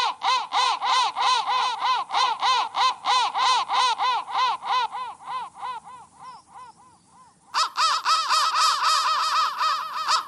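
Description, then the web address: Crow caws, harsh rasping notes repeated rapidly, about three per second, in a steady run that fades before a loud burst of caws resumes. "soundfactory crow"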